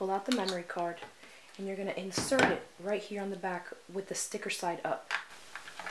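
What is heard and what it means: Someone talks while pulling out the Applique Basics design memory card and inserting it sticker side up into the card slot on the back of a SLICE digital fabric cutter. A few small ticks sound near the end, around 5.5 to 5.9 s. The card has not clicked or seated yet.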